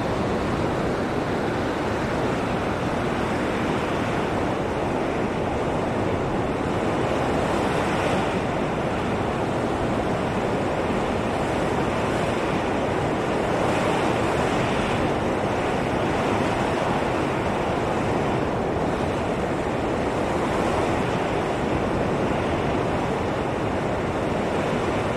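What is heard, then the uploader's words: A steady desert windstorm roars without pause, a dense, full rush that stays at one level throughout. Faint gusty surges swell and fade every few seconds, brightening the hiss briefly, with a low rumble underneath like wind buffeting the microphone. Desert Wind Storm Sounds White Noise.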